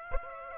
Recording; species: mosquito wingbeat signal from an infrared sensor; Aedes aegypti